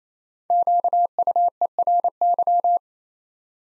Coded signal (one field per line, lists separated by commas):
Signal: Morse code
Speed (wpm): 27 wpm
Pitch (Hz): 700 Hz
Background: none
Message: QUERY